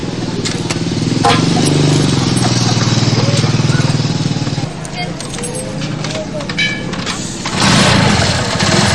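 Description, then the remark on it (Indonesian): A motorcycle engine sputters to life and runs with a steady low rumble, drops off partway through, then revs back up near the end, with faint talking mixed in. “Motor gua udah nyala.”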